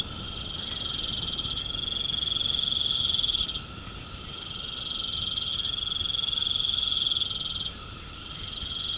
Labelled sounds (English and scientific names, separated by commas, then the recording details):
none
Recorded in pastures near Puerto Asís, Putumayo, Colombia, on 21 March 2025 at 20:00
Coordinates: 0.497, -76.327
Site G072